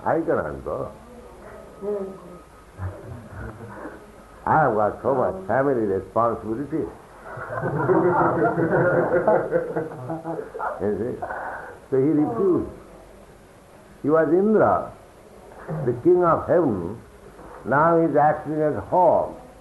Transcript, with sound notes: I cannot go. I have got so much family responsibilities." [laughter] You see? So he refused. He was Indra, the king of heaven—now he is acting as hog,